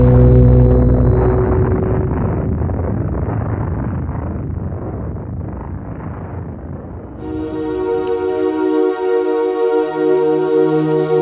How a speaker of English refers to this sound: En algún recóndito lugar del universo se escucha el Big Bang.